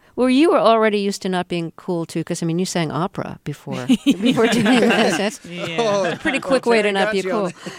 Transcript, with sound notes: Well, you were already used to not being cool, too, 'cause, I mean, you sang opera before doing this.
(LAUGHTER)
Yeah.
Pretty quick way to not be cool.